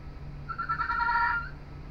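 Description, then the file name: Fennec fox uttering one quavering, whining call of about a second, steady in pitch with a slight tremble, against a low background hum. "Fennec Singing"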